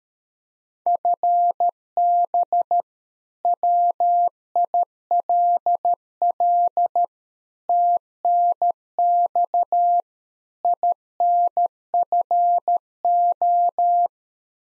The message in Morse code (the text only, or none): FB WILL TNX INFO